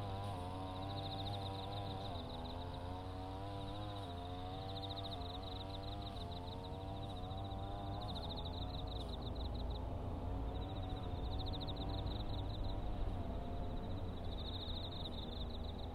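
A brush cutter drones steadily with a wavering, slightly shifting pitch, while autumn insects chirp in repeated high pulsing bursts throughout.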